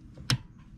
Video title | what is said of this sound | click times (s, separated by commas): Your engine will thank you for this mod! | it's going straight down listen for the audible click | 0.3 s